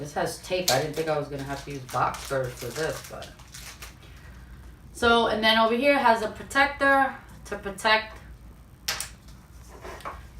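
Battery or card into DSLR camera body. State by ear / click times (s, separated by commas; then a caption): seated / 8.9 s. Someone talks while unboxing a Canon Rebel SL2 (EOS 200D) DSLR bundle, with soft handling noises near 3.6 s and 3.8 s. A battery or memory card is pushed into the camera body and clicks down into place with a sharp click at 8.9 s, so it is seated.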